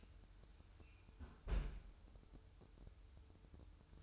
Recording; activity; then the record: daily activity, microphone in the room; close fridge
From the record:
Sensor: 2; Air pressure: 988.3 hPa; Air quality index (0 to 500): 192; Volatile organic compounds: 189 ppm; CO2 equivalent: 4175 ppm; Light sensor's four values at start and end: 21/70/27/26 and 21/70/27/26